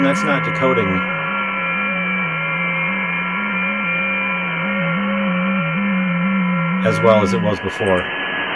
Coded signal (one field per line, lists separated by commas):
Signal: FT8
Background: speech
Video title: Wednesday Night Live DX 9-7-22